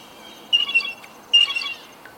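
Blue jay giving two harsh, ringing calls with a rasping edge, spaced nearly a second apart, over faint background hiss.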